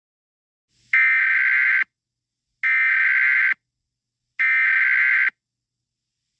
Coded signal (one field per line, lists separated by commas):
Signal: Emergency Alert System (SAME) tones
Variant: header bursts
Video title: EAS SCENARIO 28: Attack Of The Nightmare Critters